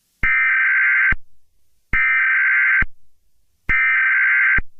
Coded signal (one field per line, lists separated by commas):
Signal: Emergency Alert System (SAME) tones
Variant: header bursts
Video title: EAS Scenario #1: Los Angeles Test (Fake)